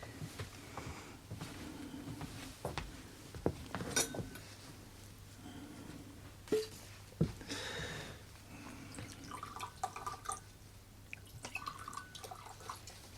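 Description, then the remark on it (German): Two glasses clink and knock together a few times, sharp bright taps over a soft trickle of Scotch whisky being poured, with no voices. “Haben Sie vielleicht 2 Gläser?”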